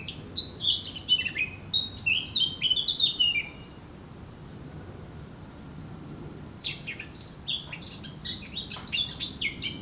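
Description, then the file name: Eurasian blackcap warbling song, a fast jumble of high notes for several seconds, a quiet gap, then another lively warbled phrase. "Sylvia atricapilla"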